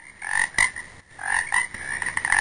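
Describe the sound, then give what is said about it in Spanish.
A chorus of toads croaking in steady, buzzing trills with a brief lull partway through, then swelling louder again toward the end, with no voices. “Ojo con los sapos, están en todo el lado.”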